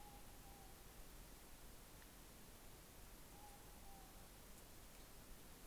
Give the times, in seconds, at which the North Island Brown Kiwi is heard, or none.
none